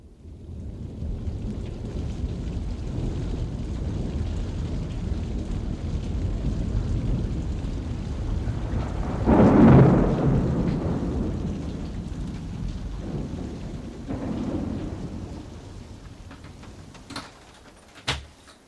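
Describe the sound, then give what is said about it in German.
Steady rain hisses throughout a thunderstorm, with a loud, deep thunder rumble swelling in the middle and a softer roll later, followed by a couple of sharp knocks near the end. No one speaks. “Ein einsames Haus, ein Unwetter, ein Radio und ein Telefon.”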